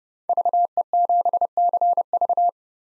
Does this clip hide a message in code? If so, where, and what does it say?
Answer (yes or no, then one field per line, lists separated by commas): yes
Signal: Morse code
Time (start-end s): 0.3-2.5 s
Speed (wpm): 30 wpm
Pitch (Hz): 700 Hz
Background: none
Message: VE7CV